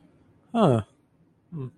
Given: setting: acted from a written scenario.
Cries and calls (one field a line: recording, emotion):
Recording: vocal sound without words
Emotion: neutral